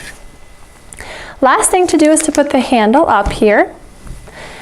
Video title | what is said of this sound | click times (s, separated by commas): Assembly of 09923 Badger Basket Folding Double Doll Front-to-back Stroller | So slide that in that groove, pop it back until you hear it click. | 0.9 s, 1.0 s